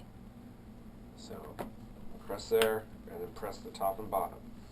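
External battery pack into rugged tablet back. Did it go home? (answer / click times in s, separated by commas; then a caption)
no / none. Someone talks while pressing a plastic external battery pack onto the back of a Getac T-800 rugged tablet, pressing at the top and bottom. Soft handling and pressing sounds are heard under the talking, but the battery has not seated or clicked into place yet.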